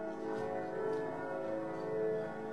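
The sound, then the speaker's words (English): Bells ring continuously, their overlapping tones blending into a steady, shimmering drone that holds an even loudness throughout, with no voices. “Oh, those bells.”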